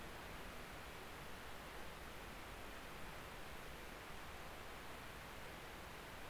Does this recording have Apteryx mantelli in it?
no